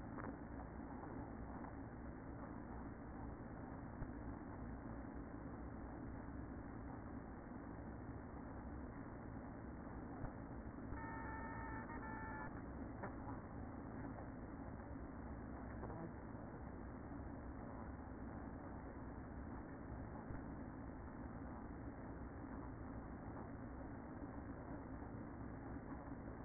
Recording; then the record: honeybee colony, microphone inside the hive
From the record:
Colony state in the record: queen present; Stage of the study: after two queens were removed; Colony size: about 60,000 bees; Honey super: yes